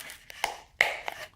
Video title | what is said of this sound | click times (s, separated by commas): Ganzo G202B Multitool Review. Best multitool for $20? With 440C steel, I think so!! | Really good snap. | 0.8 s